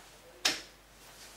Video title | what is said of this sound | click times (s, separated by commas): TFK Buggster S Stroller - Assembly Instructions | clicks into place under this black section of the stroller to | 0.5 s